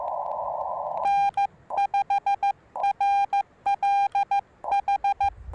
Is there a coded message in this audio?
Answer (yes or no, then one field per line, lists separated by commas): yes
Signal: Morse code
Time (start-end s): 1.1-5.3 s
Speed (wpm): 15 wpm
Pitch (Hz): 810 Hz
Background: none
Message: N5RLH